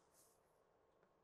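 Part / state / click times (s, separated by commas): RV cab seat swivel latch in seat base / not seated / none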